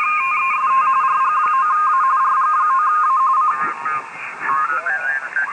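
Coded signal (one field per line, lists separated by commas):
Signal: RTTY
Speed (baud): 45.45 baud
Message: TEST RG9A RG9A C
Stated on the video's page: Digital-mode reception through a QRP HF Xiegu X5105 portable with an SDRPlay RSP2PRO panadapter in SDRuno 1.2.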